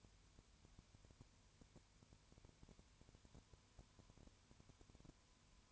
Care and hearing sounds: daily activity, microphone in the room; no activity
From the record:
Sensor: 2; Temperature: 20.3 degrees Celsius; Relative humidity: 33.7%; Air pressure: 1003.1 hPa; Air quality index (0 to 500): 82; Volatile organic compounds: 1 ppm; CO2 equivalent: 785 ppm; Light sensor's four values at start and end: 2/3/2/2 and 2/3/2/2

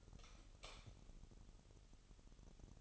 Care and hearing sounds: daily activity, microphone in the room; light off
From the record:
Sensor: 4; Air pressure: 989.2 hPa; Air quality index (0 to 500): 210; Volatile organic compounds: 59 ppm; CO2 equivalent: 3402 ppm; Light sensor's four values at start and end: 28/94/35/36 and 25/82/31/31

